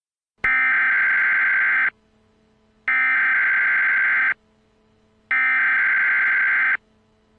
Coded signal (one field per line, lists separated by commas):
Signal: Emergency Alert System (SAME) tones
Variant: header bursts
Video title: THE BIOHAZARD. a EAS scenario